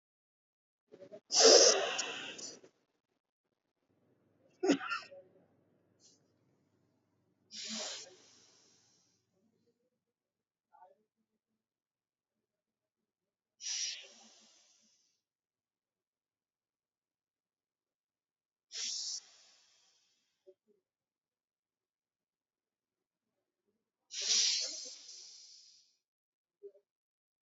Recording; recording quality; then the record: deep breathing; excellent, no background noise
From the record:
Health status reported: COVID-19 positive, mild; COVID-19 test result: positive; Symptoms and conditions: sore throat, diabetes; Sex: male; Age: 70 years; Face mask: not worn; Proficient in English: yes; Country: India